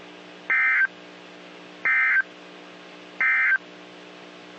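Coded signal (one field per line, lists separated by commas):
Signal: Emergency Alert System (SAME) tones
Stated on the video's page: NOAA Weather Radio alerts for severe storms, Fort Worth transmitter.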